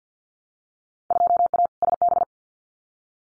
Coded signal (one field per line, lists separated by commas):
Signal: Morse code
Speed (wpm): 50 wpm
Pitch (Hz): 700 Hz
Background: none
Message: 2A SB